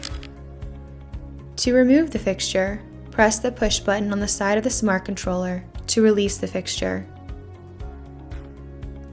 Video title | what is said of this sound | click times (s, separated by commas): How To Retrofit SkyPlug Smart To a Cord Fixture - Plug & Play Smart Lighting | once inserted let go and push up towards the ceiling until you hear a clicking sound | 0.1 s, 0.2 s